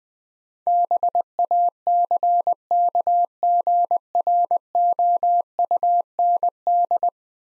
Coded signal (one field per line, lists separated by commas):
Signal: Morse code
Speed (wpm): 20 wpm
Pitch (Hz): 700 Hz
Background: none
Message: BACKGROUND